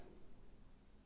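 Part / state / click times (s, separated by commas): fork slide bushing onto fork inner tube groove / not seated / none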